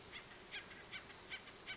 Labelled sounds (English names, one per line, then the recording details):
House Finch
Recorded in Sonoma County, California